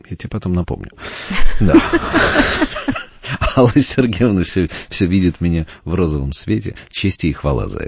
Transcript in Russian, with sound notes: Ну, я тебе потом напомню. Да. (Смеется.) Алла Сергеевна все видит меня в розовом свете, честь ей и хвала за это.